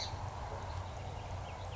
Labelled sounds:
Song Sparrow
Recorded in Sonoma County, California

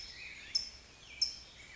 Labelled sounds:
California Towhee
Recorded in Sonoma County, California

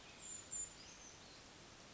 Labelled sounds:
Brown Creeper
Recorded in Sonoma County, California

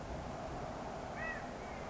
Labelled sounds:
California Quail
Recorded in Sonoma County, California

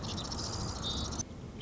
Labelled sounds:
Marsh Wren
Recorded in Sonoma County, California

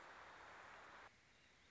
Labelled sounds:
Warbling Vireo
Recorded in Sonoma County, California

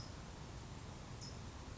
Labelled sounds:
California Towhee
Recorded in Sonoma County, California

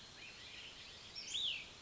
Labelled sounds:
Cassin's Vireo
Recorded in Sonoma County, California

